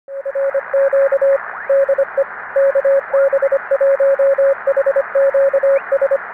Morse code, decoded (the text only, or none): RQ DE KB1HQS